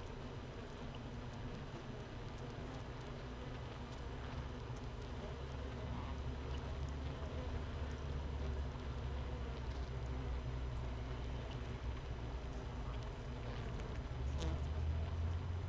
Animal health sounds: honeybee colony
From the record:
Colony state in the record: missing queen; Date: 31 May 2018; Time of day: 15:50

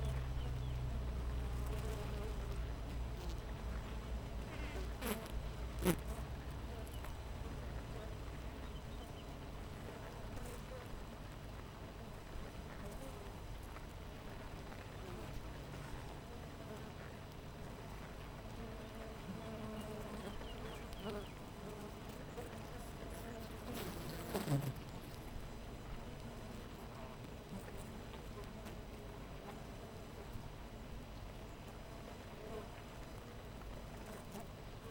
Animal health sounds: honeybee colony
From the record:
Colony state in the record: missing queen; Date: 14 July 2017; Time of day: 6:47

